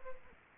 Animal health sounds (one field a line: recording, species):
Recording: mosquito wingbeat signal from an infrared sensor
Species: Aedes aegypti